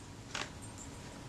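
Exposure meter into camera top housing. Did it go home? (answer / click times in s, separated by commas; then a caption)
yes / 0.4 s. During final assembly of a Kodak Retina IIIc folding rangefinder camera, the exposure meter unit is pressed into its seat in the metal top housing. A sharp double tick sounds at 0.4 s and 0.4 s over a quiet background. The exposure meter pops into place and is seated.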